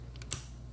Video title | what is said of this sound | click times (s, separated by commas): The Beast - 1985 GE Model 3-5268A Superadio Boombox | there's the click it's engaged perfect | 0.3 s